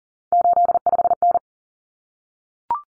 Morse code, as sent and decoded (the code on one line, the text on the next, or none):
---.. ..... -.
85N